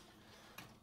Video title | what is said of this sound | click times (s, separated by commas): Wolf 60" Freestanding Dual Fuel Range (Model # DF60650DG/S/P) | no you got to hear it click to go in see how it clicked like that | 0.6 s